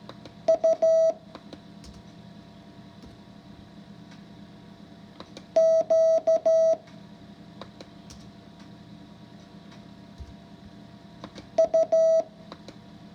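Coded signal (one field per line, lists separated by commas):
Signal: Morse code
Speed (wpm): 13 wpm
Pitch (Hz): 650 Hz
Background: none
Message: U Q U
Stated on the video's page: Morse code lesson 5 practice.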